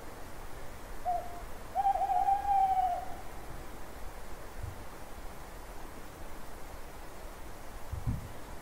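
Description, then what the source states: Owl hooting: a short note then a longer, steady hoot lasting over a second, followed by quiet night background with faint low rumbles. Owl calling at night.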